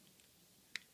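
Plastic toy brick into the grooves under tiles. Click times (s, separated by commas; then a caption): 0.8 s. A plastic Lego brick piece is slid in under the tiles so its corners catch in the small grooves beneath them. It pops into place with a single sharp snap at 0.8 s after a faint tick near 0.2 s, and the piece is seated.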